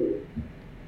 A decrescendo diastolic murmur. The quality of the murmur is what we call a blowing murmur.